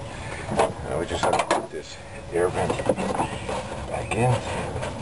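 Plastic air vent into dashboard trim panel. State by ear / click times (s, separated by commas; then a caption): not seated / none. Someone talks while handling a plastic air vent at its opening in the dashboard trim panel, with soft rustling and plastic handling noises under the voice. The vent is about to be pressed in, but nothing has seated or clicked yet.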